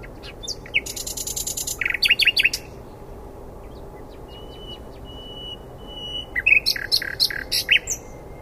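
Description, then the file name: Common nightingale singing harsh buzzy bursts and short rapid trills, a pause with a thin faint whistle, then a louder phrase of quick repeated chirps. "Luscinia megarhynchos"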